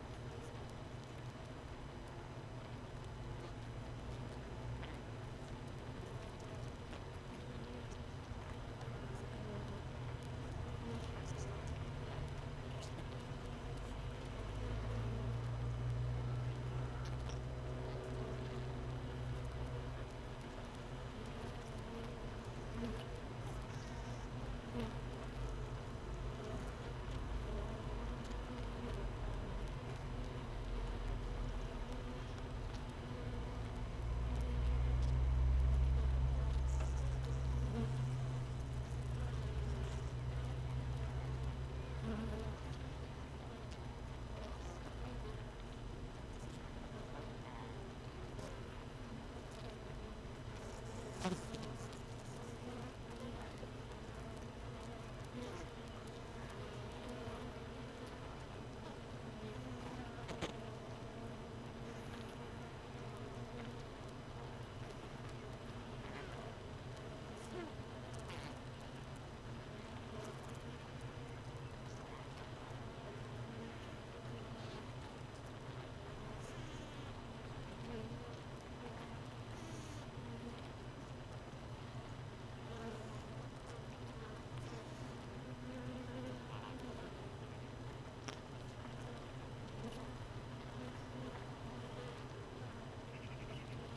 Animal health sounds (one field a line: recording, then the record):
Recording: honeybee colony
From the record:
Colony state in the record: missing queen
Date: 31 May 2018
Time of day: 15:28